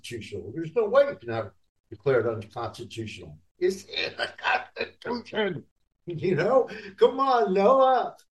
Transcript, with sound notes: There's no way you can have it declared unconstitutional. "It's in the Constitution." (laughs) You know? Come on, Noah.